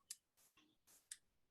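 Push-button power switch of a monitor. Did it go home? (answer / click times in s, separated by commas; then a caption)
no / none. A broken push-button power switch from an old computer monitor is pressed, giving two sharp clicks at about 0.1 s and 1.1 s with fainter rustling between them. The switch does not stay latched in, so nothing has seated.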